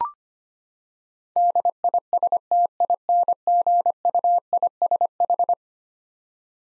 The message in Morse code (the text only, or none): DISTINGUISH